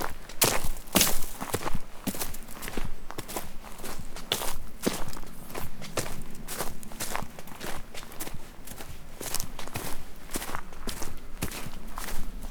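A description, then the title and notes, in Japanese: Natural sounds along a walking path, dominated by footsteps: a steady, irregular series of crisp crunching steps that continues throughout, coming every fraction of a second. A faint low hum runs underneath, most noticeable in the middle of the recording. お散歩道の自然の音。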